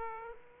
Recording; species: mosquito wingbeat signal from an infrared sensor; Aedes aegypti